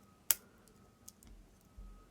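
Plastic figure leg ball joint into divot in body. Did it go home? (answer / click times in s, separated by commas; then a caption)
yes / 0.3 s. The leg of a plastic transforming robot figure, a Transformers G1 Swoop knockoff, is moved down so its ball joint presses into a small divot in the body. It snaps into place with one loud, sharp click at 0.3 s, followed only by faint ticks and handling noise. The joint is seated and held secure.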